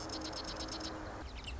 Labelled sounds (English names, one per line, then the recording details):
Marsh Wren
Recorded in Sonoma County, California